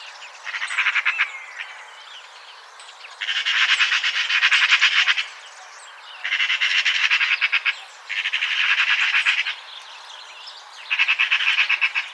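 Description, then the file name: Eurasian magpie chattering repeatedly, five loud harsh rattles of fast staccato notes, each lasting one to two seconds with short pauses between them. "Pica pica"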